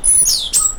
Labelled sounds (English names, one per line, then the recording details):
Stitchbird song
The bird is a male
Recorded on Tiritiri Matangi Island, New Zealand, in 2005
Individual 1, of nest box 1